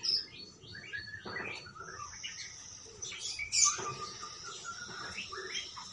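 Parakeet twittering, soft high chirps and slurred notes, with one sharper burst near the middle.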